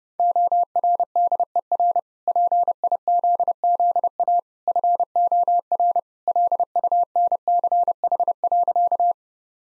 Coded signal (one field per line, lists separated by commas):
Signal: Morse code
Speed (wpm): 32 wpm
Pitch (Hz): 700 Hz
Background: none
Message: ORDER PIZZA FOR LUNCH.